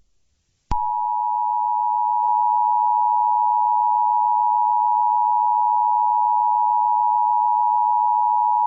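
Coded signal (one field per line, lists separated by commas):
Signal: Emergency Alert System (SAME) tones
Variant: 853 and 960 Hz attention tone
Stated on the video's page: Simulated EAS scenario, not a real alert.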